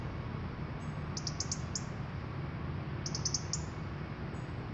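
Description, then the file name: European robin giving thin, very high, short call notes in two quick clusters, over a steady low rumbling background. "Erithacus rubecula"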